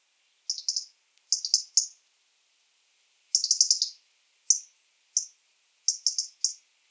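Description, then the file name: European robin sounding quick sharp ticks, some bunched into short rattles, others given singly. "Erithacus rubecula"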